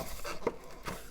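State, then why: Not seated. A plastic mirror cap is pushed onto the side mirror housing of a Subaru WRX after its bottom tabs are locked in. Only a brief, dull tap is heard around 0.5 s against low background noise. Nothing has clicked into place, because one of the clips is bent too closed.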